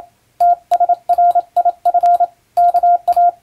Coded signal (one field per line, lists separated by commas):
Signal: Morse code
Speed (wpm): 27 wpm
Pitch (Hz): 700 Hz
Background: radio noise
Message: TSRIF KA